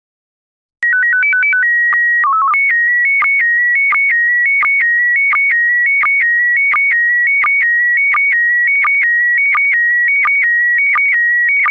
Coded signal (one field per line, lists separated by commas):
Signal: SSTV (slow-scan television)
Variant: PD 90